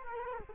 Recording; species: mosquito wingbeat signal from an infrared sensor; Culex quinquefasciatus